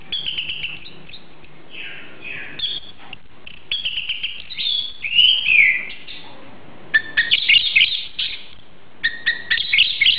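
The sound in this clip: Oriental magpie-robin song, a mix of sweet whistles, harsh notes and quick chatter in uneven bursts, softer at first and livelier toward the end.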